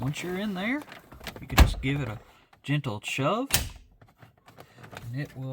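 A plastic dash trim bezel around a stereo is lined up by its plastic clips and handled against a 2007–2013 Silverado/Sierra truck dashboard while someone talks. A few faint small ticks and rustles are heard between about 4.0 and 4.6 seconds. Nothing has seated or clicked into place yet.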